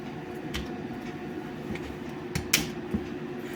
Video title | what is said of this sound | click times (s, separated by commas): ABB 266DSH DP transmitter basic setup & wiring connection - #transmitter #abb #pressuretransmitter | देखिए यह इस तरीके से लॉक हो गया अब | 2.5 s